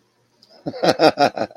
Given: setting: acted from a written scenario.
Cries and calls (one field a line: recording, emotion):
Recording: vocal sound without words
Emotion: amusement